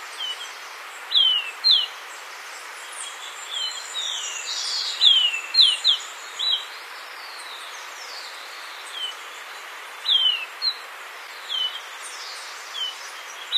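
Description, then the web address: Golden-faced Tyrannulet: short bursts of high, falling whistled notes repeated irregularly, with other high chirps and continuous background hiss. Ecuador; possible unnamed taxon. "Birds of Ecuador Golden-faced Tyrannulet (possible unnamed taxon)"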